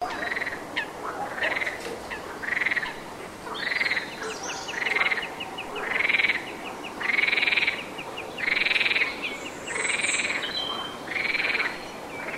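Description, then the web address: Frog croaking: short buzzy bursts repeated roughly every second, with a rapid clicking series running behind. Oka estuary. "estuario sup oka Ranas comunes"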